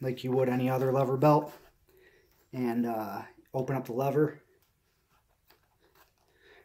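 Someone talks while opening the lever buckle on a Raulam International leather powerlifting lever belt, then wraps and positions the belt around the waist before pushing the lever closed. Only small, quiet handling sounds follow the speech. Nothing has locked or clicked into place yet.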